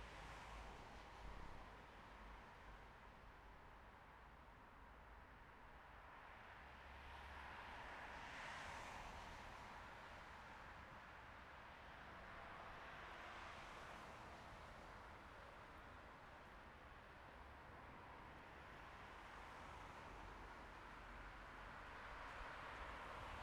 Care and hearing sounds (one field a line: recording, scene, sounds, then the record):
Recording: everyday scene through a hearing-aid microphone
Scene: in traffic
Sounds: traffic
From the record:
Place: bus stop on a city main road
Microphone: behind the ear, right, rear